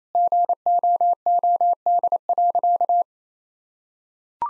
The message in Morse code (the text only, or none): GOOD.